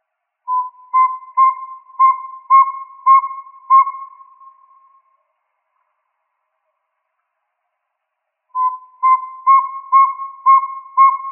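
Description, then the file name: Northern saw-whet owl with two bursts of rhythmic whistled toots, about two per second, separated by several seconds of silence. Recorded in Arizona. "NSWO 1 C deviche"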